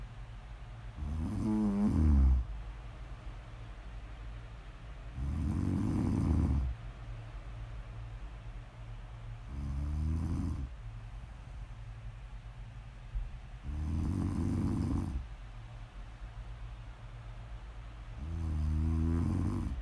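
Loud, close snoring rises in slow, regular bursts about every four seconds, each a deep rumbling rattle with a breathy hiss on top. Between snores there is a low, steady hum and quiet breathing.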